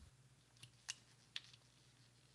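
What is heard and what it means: A stainless steel snap-on outer caseback is handled against the case of a 1949 Vulcain Cricket alarm wristwatch before being pressed into place. A few brief, sharp handling taps sound at about 0.6 s, 0.9 s and 1.4 s over a low steady hum. Nothing has seated or clicked yet.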